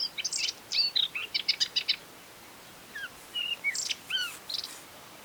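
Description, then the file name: Eurasian blackcap giving a rapid burst of scratchy, high notes for two seconds, a pause, then a few clear slurred whistles mixed with harsher chips. "Sylvia atricapilla"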